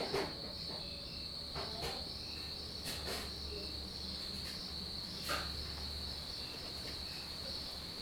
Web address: MOTHERLAND ETHIOPIA NIGHTTIME, COUNTRYSIDE, VILLAGE LIFE, CICADES, FEMALES WORK IN KITCHEN INSIDE, RECORDED FROM PORCH, BACKGROUND TALKING IN AM